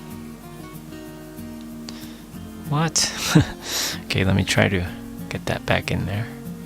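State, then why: Not seated. The plastic tail that broke off a Takara Tomy ANIA Jurassic Park dinosaur figure is handled and pushed toward its socket on the figure's body while someone talks over background music, with a brief sharp tick near 1.9 s. Nothing has seated or clicked yet; the tail is not yet home when the clip ends.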